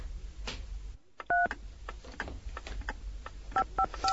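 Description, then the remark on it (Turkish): Several short, bright dual-pitched telephone keypad tones beep in an irregular sequence as a number is dialed, separated by soft handling clicks and background noise. “Yengini arayayım.”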